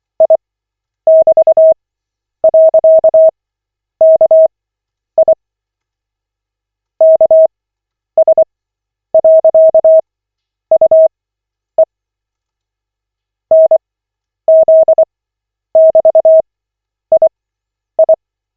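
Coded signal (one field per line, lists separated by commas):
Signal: Morse code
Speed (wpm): 24 wpm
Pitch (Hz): 640 Hz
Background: none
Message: I<BT>.KI KS.UE NZ<BT>II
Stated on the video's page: Koch method Morse practice session, lesson 18 of 40, generated by the LCWO website.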